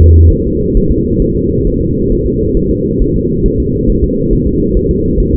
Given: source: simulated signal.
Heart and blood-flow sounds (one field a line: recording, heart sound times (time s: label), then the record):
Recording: fetal heart sounds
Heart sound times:
0.02 s: S2
0.33 s: S1
0.47 s: S2
0.77 s: S1
0.92 s: S2
1.22 s: S1
1.36 s: S2
1.67 s: S1
1.81 s: S2
2.12 s: S1
2.27 s: S2
2.57 s: S1
2.71 s: S2
3.02 s: S1
3.16 s: S2
3.46 s: S1
3.60 s: S2
3.90 s: S1
4.04 s: S2
4.33 s: S1
4.47 s: S2
4.77 s: S1
4.91 s: S2
5.20 s: S1
5.35 s: S2
From the record:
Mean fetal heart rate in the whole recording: 135 bpm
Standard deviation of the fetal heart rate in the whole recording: 3 bpm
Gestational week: 36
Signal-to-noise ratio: -10.2 dB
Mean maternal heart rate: 72 bpm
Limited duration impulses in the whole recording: present